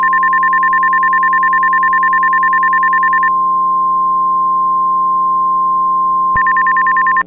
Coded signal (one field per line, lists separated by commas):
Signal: Emergency Alert System (SAME) tones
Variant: 1050 Hz attention tone